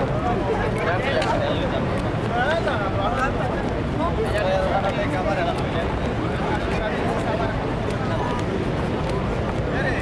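A street scene in Paris, filled with the steady chatter of many overlapping voices, none standing out for long. The murmur holds an even level throughout, with a low rumble underneath that could be passing traffic and occasional brief clicks and knocks.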